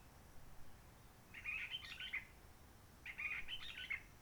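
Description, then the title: Réunion bulbul delivering two fluty, chattering phrases in quick succession, each under a second long, with calm surroundings. Roche Merveilleuse, Réunion; forest quiet since 19 March 2020, no visitors, microlights or helicopters; sunny blue sky; birds not yet active in long-distance communication; sings simpler, short phrases adapted to noise pollution. "Roche Merveilleuse, Réunion - Merle de lîle de la Réunion."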